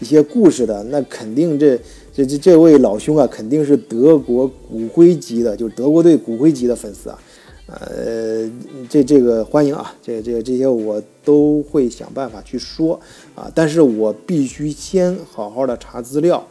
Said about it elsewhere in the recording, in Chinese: 有好几个朋友都留言了，就是说我口吃，这个我必须承认一下啊，我 本人小时候确实口吃，不好意思，这个是先天的，啊，但是我后来确实做了很大的努力，啊，慢慢的从 以前就是口吃的，真的小时候很严重那种。